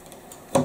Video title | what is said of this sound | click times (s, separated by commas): UV Ultra Exposure Unit, Ultra Violet Exposure Unit | lock into place, | 0.6 s